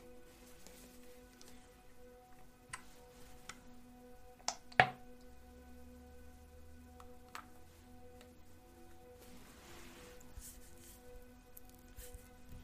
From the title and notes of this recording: At-Home Hair Spa | Hair Brushing, Ambient Music. Hair brushing, soapy goodness, and some soothing background music.